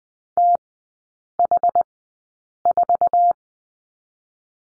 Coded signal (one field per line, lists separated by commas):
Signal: Morse code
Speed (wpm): 20 wpm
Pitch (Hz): 700 Hz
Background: none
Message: TH4